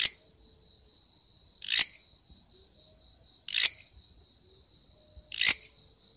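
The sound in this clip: Grasshopper calling: a string of brief scratchy buzzes repeated about every two seconds, backed by a steady high tone and softer pulsing hum.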